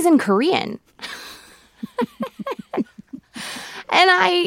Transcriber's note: laughter